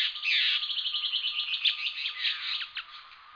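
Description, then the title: Bird singing a short, continuous run of rapid, rich warbling chatter that fades slightly at the close. "LuckyPassaro Completos2Sama"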